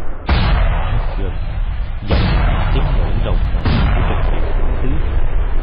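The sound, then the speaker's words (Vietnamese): Three heavy artillery shell explosions at night on the other side of a mountain range, each a sudden booming burst followed by a long rolling rumble that fills the gaps, keeping a loud low roar throughout the stretch. “Lát sau, tiếng đạn pháo nổ thạch dây phía bên kia dãy núi.”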